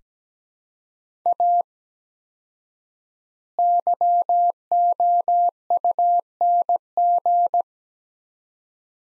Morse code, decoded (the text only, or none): A YOUNG